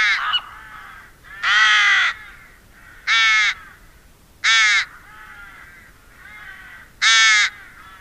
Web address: agykontroll Madardalok Cd 2. Vetési varjú